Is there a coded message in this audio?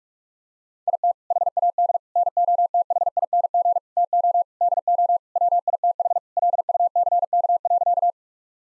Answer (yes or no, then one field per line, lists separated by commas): yes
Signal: Morse code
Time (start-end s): 0.9-8.1 s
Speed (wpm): 46 wpm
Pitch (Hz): 700 Hz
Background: none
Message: IT HAD NOTHING TO DO WITH LUCK.